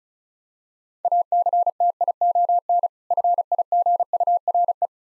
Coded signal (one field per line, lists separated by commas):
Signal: Morse code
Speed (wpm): 34 wpm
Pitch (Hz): 700 Hz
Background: none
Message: ACTION FIGURE